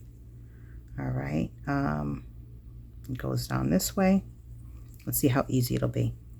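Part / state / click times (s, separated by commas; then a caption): ink cartridge into pen nib grip / not seated / none. An ink cartridge is handled and lined up to be pushed down into the plastic nib grip of a fountain or brush pen while someone talks over faint background noise. The clip ends before the cartridge goes in, and nothing has seated or clicked yet.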